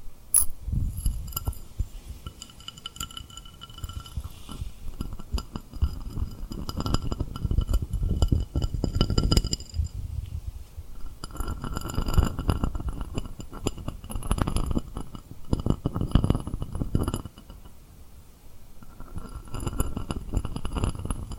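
Tapping and rubbing on rhinestones, with small bright glassy clinks and ringing tones scattered throughout. Soft, low rubbing comes in waves, fuller around seconds 7–10, 12–17 and near the end, with sharper taps at the start and near 17 seconds.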